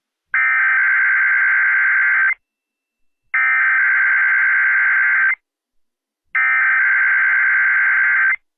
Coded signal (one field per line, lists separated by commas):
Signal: Emergency Alert System (SAME) tones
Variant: header bursts